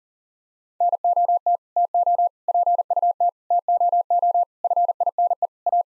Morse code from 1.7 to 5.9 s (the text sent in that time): TO PUT TOO FINE A